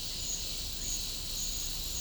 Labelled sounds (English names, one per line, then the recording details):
none
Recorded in pastures near Puerto Asís, Putumayo, Colombia, on 18 December 2024 at 11:00
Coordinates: 0.496, -76.326
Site G004